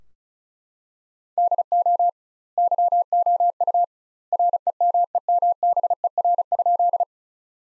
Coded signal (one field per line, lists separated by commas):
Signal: Morse code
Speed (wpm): 34 wpm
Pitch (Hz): 700 Hz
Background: none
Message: DO YOU REMEMBER?